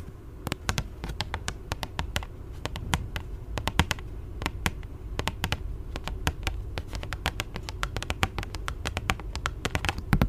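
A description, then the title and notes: ASMR tapping: quick, sharp taps in irregular clusters throughout, crisp and bright, over a steady low rumble underneath. 2 hours of asmr triggers [asmr tapping, asmr for sleep].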